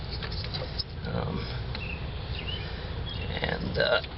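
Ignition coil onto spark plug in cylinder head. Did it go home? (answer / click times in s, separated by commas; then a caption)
no / none. An ignition coil is handled and pressed down over the spark plug in the cylinder head of a 2002 Mitsubishi Lancer while someone talks, with faint handling taps and scrapes through the clip. Nothing has seated or clicked yet; the coil is not yet home.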